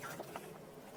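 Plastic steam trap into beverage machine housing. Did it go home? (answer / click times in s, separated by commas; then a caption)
no / none. A plastic steam trap is handled and moved into position against the housing of a beverage machine, with the canisters moved aside. Soft rustling and light knocks of handling are heard, ending in a short sharp tap at about 1.0 s. Nothing has seated or clicked yet.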